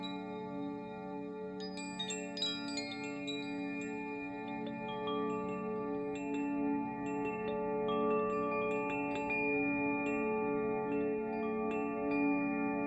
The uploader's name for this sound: Waves of wind chimes